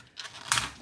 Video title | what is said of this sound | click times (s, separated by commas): 038 RIPARARE il TELECOMANDO FACILMENTE | should hear all the latches snapping which | 0.2 s, 0.5 s